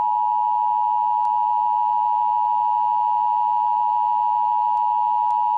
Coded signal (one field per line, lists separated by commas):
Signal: Emergency Alert System (SAME) tones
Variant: 853 and 960 Hz attention tone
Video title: Welcome to Fascist America EAS Scenario Pt.1